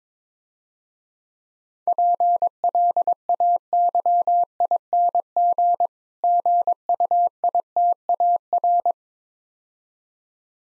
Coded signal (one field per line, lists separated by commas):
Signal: Morse code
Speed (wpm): 22 wpm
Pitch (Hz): 700 Hz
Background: none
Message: PLAYING GUITAR